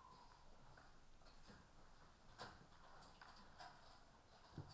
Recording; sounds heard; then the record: poultry house recording; healthy chickens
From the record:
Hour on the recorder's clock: 14